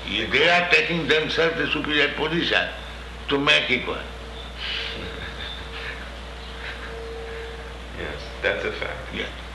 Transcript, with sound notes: They are taking themselves the superior position to make equal.
[laughs] Yes. That's a fact.
Yes.